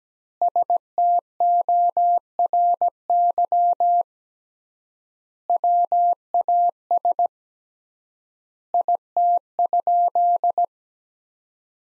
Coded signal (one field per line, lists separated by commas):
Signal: Morse code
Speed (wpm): 17 wpm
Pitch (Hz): 700 Hz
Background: none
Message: STORY WAS IT?